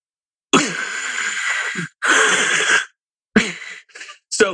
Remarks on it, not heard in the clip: Sleep apnea is different than snoring. Sleep apnea is when you choke on yourself. You asphyxiate yourself on your own body. People do this all night. And when you're choking on yourself, you're in the state of stress. So your cortisol spikes, your adrenaline spikes, blood sugar goes up. And this is why sleep apnea can cause diabetes.